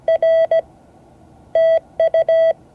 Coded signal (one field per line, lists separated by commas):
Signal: Morse code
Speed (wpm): 17 wpm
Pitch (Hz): 660 Hz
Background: none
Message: R TU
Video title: Morse code class 2024-08-11 (10 of 12)